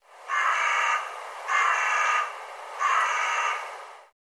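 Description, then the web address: Bird giving three harsh, drawn-out, noisy calls, each lasting under a second and spaced about one and a quarter seconds apart, with a steady hiss behind. "cianscape birddata"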